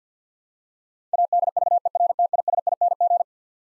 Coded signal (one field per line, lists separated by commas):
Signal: Morse code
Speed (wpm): 50 wpm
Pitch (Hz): 700 Hz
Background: none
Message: ADVERTISING